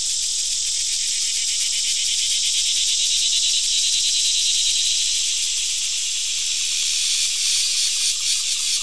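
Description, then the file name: Crickets in a continuous high-pitched trilling chorus, finely pulsed, with a hissing buzz that varies slightly near the end. "Digiffects Sound Effects Library - Crickets and a Cicada"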